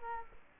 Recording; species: mosquito wingbeat signal from an infrared sensor; Culex quinquefasciatus